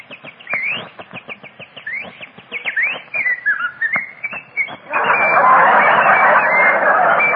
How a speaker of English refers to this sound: springtime in Southern California. Flowers are blooming, the sun is sending down its glorious rays, while the birds are singing in the trees.